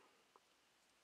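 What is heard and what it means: During the transformation of a small robot toy, its plastic cockpit hood is lifted, bent back and locked into place on the toy figure's body. A single faint, sharp click sounds at 0.4 s over a quiet background. The hood is seated and locked in place.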